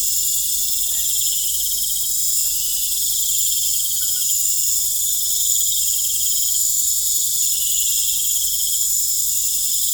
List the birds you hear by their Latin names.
none